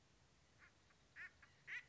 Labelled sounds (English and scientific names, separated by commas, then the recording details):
Acorn Woodpecker (Melanerpes formicivorus)
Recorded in Sonoma County, California